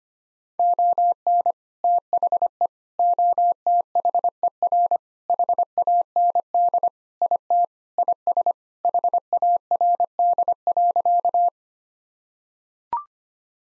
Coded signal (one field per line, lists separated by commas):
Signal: Morse code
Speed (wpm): 25 wpm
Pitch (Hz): 700 Hz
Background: none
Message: ON THE OTHER HAND IT IS HARD.